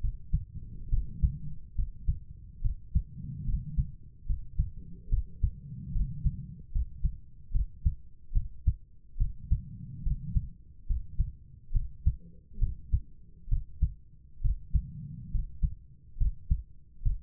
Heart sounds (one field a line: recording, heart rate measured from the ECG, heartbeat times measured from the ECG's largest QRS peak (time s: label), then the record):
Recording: heart sounds by stethoscope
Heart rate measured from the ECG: 71 bpm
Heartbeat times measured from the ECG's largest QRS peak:
0.00 s: heartbeat
0.89 s: heartbeat
1.75 s: heartbeat
2.61 s: heartbeat
3.44 s: heartbeat
4.26 s: heartbeat
5.09 s: heartbeat
5.92 s: heartbeat
6.71 s: heartbeat
7.51 s: heartbeat
8.32 s: heartbeat
9.17 s: heartbeat
10.02 s: heartbeat
10.86 s: heartbeat
11.72 s: heartbeat
12.58 s: heartbeat
13.48 s: heartbeat
14.41 s: heartbeat
15.31 s: heartbeat
16.17 s: heartbeat
17.02 s: heartbeat
From the record:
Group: healthy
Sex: female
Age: 32 years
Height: 172 cm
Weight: 71.7 kg